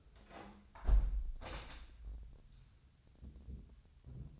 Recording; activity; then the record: daily activity, microphone in the room; close window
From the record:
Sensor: 2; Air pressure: 1014.7 hPa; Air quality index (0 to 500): 27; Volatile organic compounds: 1 ppm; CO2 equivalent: 516 ppm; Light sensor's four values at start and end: 8/19/8/8 and 8/19/8/8